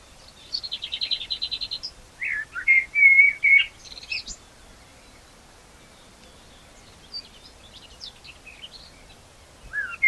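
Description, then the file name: Common blackbird song: a fast buzzy high trill leading into clear fluty whistles, then faint scattered high notes and a final whistle. "Turdus merula"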